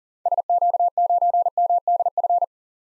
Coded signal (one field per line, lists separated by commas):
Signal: Morse code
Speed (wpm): 39 wpm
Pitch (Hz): 700 Hz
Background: none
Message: SQ9MDF